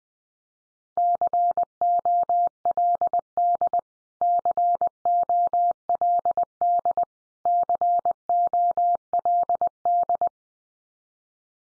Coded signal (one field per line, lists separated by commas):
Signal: Morse code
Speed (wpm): 20 wpm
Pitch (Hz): 700 Hz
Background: none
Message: COLD COLD COLD